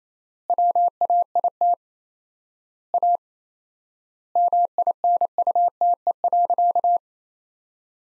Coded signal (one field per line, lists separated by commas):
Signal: Morse code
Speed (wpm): 28 wpm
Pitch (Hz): 700 Hz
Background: none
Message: WAIT A MINUTE.